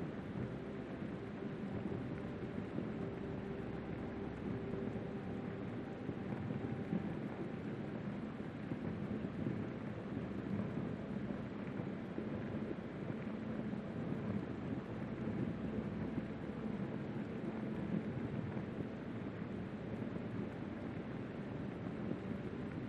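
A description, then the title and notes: Steady, dense rain fills the whole stretch with an even hiss and patter that never lets up, weighted toward the low and middle range with a deep rumble underneath. Soft held piano notes sit faintly beneath it, barely rising above the rain. A light piano flowing alongside peaceful chord changes underneath a light relaxing rain. Peaceful Piano Music with Rain Sounds.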